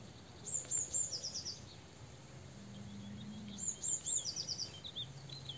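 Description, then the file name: Eurasian blue tit, two phrases of thin very high notes, each followed by a quick, slightly lower trill, over soft background noise. "Cyanistes caeruleus"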